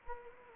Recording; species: mosquito wingbeat signal from an infrared sensor; Anopheles gambiae